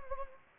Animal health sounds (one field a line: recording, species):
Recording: mosquito wingbeat signal from an infrared sensor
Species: Anopheles gambiae